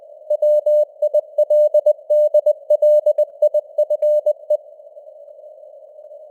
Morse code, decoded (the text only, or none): WILDLIFE